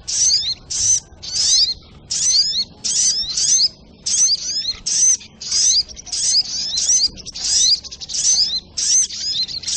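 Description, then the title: Spiderhunter song in quick, high, squeaky phrases of twisting downward notes, coming in a steady run with short gaps between them. Training audio (masteran); labelled Labaik. "Sogok Ontong Labaik"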